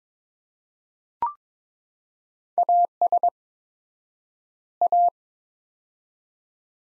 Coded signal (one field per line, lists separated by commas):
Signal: Morse code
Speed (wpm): 22 wpm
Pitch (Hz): 700 Hz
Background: none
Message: AS A